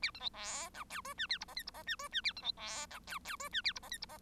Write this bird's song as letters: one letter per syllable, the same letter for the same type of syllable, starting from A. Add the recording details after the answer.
A B C D E F G H A I J K I J H G H A B C D E F F G H A I J K I J. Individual Bird1